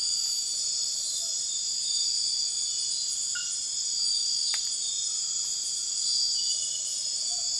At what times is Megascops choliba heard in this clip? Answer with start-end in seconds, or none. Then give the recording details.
0.48-1.45, 6.80-7.47. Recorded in dense forest near Puerto Asís, Putumayo, Colombia, on 19 February 2024 at 01:00. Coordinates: 0.502, -76.326. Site G6460